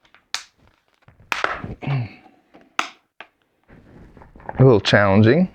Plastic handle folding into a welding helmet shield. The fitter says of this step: This part folds down and snaps into place.